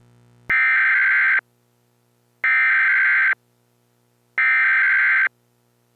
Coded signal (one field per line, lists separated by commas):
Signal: Emergency Alert System (SAME) tones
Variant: header bursts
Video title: EAS Mock: Nuclear strike during snowstorm